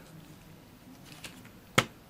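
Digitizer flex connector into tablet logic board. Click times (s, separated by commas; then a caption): 1.8 s. An iPad mini 2 with Retina Display's digitizer flex connector is pressed onto its socket on the tablet logic board. A few faint small taps come at about 1.1 to 1.5 s, then a loud, sharp snap sounds at 1.8 s as the connector clicks in and is seated.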